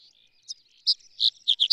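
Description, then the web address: Black-headed bunting giving a short run of high, bright chirps that grow louder toward the end. "black headed bunting bird call"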